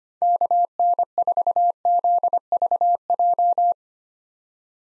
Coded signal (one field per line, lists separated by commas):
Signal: Morse code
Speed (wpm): 25 wpm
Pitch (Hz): 700 Hz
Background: none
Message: KN4ZVJ